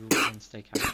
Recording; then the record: coughing mixed with background sound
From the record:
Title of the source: 64 coughing, allergies, singing lungs